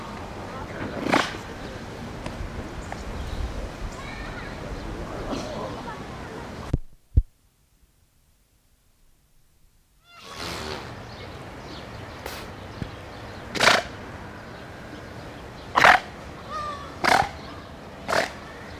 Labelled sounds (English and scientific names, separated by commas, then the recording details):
Grey Seal (Halichoerus grypus) call
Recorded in captivity
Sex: male
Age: adult
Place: Zoo Rostock, Mecklenburg-Vorpommern, DE
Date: 1986-07-09 17:47
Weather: sunny, 14°C
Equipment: Nagra SN, Kopie Tesla B 116
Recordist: Tembrock, Günter